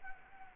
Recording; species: mosquito wingbeat signal from an infrared sensor; Anopheles gambiae